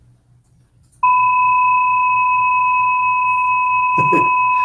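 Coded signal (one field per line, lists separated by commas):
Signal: PSK31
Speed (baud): 31.25 baud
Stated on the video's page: FSQ, a low-rate amateur digital mode similar to PSK31, from a home-built beacon using a cheap clock generator and Arduino.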